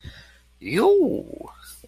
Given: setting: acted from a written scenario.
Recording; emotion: vocal sound without words; desire